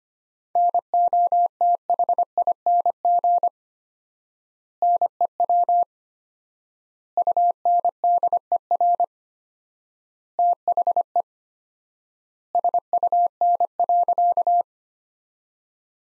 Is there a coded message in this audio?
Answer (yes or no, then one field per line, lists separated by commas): yes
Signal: Morse code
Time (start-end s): 0.6-14.6 s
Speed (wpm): 25 wpm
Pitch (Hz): 700 Hz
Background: none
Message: NOTHING NEW UNDER THE SUN.